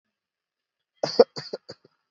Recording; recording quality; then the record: heavy voluntary cough; excellent, no background noise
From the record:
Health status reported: recovered from COVID-19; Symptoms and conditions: cold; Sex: female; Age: 25 years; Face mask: worn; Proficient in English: yes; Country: India